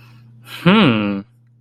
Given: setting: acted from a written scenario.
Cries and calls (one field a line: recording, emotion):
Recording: vocal sound without words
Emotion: interest